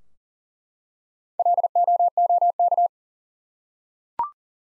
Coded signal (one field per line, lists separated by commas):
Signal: Morse code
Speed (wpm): 40 wpm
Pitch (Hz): 700 Hz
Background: none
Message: LOOK